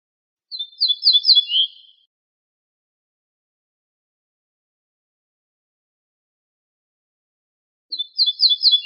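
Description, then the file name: Ortolan bunting song: a short series of ringing high notes ending lower, then after a long silent pause a second song begins. "suara kicauan ortolan"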